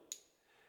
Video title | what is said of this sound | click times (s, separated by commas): How-to Install A Fan Onto Your Canopy (Ventrac 4520n) | and it's gonna click into place. | 0.1 s